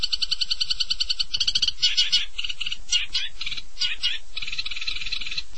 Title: Kicau Burung Pentet